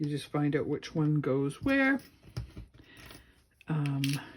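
Thin metal cutting dies are handled and slid around inside a plastic 3D embossing folder, looking for the raised ridges they drop into, while someone talks. A few faint taps and ticks are heard between the speech. Nothing has seated or clicked into place yet.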